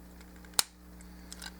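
A double joint on a plastic transforming robot figure is rolled back and its plastic limb tab is pushed into the body slot. One sharp click at 0.6 s marks the tab seating in place, followed by a few faint ticks around 1.3–1.5 s over a low, steady hum.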